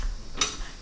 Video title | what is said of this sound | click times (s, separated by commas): attwood T800 live well pump | you give it a spin till it clicks in place and that's | 0.4 s